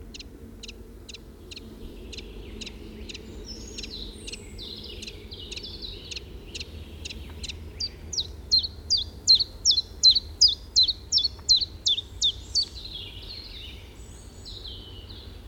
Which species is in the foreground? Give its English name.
Common Chiffchaff